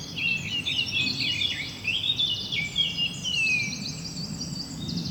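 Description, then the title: Bird chorus, loud overlapping chirps, trills and descending whistled notes from several birds, low background rumble. Birds ambience recorded at Rue du Rossignol, Seneffe, Belgium, with Sony PCM-D100 internal microphones. "Rue du Rossignol 7, 7180 Seneffe, Belgique - Birds ambience"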